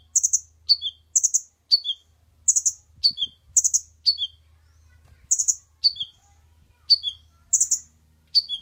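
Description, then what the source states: Oriental magpie-robin song: short high whistled phrases, each a bright note followed by two descending slurred ones, repeated in a steady pattern over a soft low hum. Champion bird singing actively and constantly ('gacor'); masteran (tutor) song.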